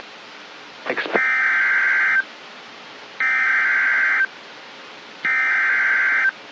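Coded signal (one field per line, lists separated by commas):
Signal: Emergency Alert System (SAME) tones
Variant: header bursts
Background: speech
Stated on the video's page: Severe Thunderstorm Warning from NOAA Weather Radio, issued by NWS Sioux Falls.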